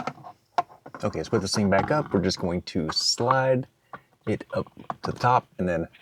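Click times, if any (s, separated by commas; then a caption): none. Someone talks while the plastic trim cover around the rear-view mirror mount on a 2025 Santa Fe is handled and slid up toward the top of the windshield mirror base during a hardwired RedTiger F77 4K dash cam install. A few brief handling taps sound early in the clip, the loudest near 0.6 s. Nothing has snapped or seated into place yet.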